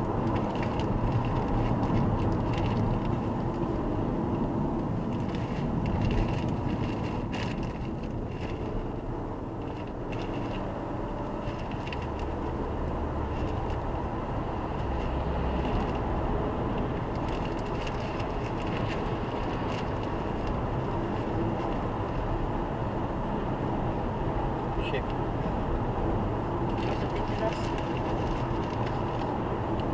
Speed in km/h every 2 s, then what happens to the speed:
79, 70, 64, 66, 74, 79, 85, 91, 96, 99, 104, 101, 100, 101, 101.
0-3 brakes to 64. 5-19 speeds up to 104. 19-30 steady at about 101.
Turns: none.